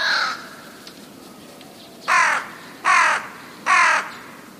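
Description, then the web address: Rook calling with rasping caws: one at the start, a pause, then three harsh caws in a row under a second apart. "wroblowe ptaki gawron"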